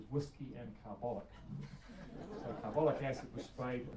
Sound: chuckles